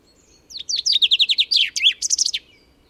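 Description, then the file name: Common chaffinch song: a loud, fast series of descending chirps ending in a short, bright flourish. "Fringilla coelebs"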